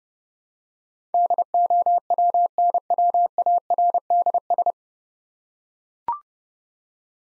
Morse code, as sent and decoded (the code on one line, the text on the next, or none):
-.. --- .-- -. .-- .- .-. -.. ...
DOWNWARDS